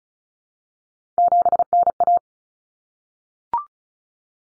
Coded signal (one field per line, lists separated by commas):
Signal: Morse code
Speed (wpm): 34 wpm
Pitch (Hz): 700 Hz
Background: none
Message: 7NA